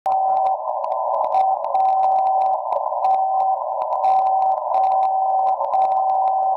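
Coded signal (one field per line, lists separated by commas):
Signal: radio time signal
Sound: steady low whistle tone with short dips each second amid crackling static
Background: radio static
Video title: 60 KHZ Time signal Way down low band stuff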